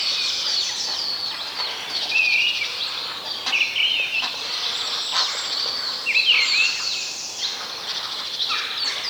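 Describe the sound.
Birdsong of scattered whistled phrases and chirps, some notes sweeping downward, set among a soft background chorus and steady noise.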